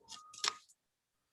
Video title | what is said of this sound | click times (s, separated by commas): Digital photography tips | and then twist the camera until you hear it click so | 0.5 s